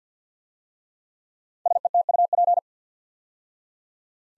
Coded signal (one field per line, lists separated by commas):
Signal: Morse code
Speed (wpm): 50 wpm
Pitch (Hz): 700 Hz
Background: none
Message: SETUP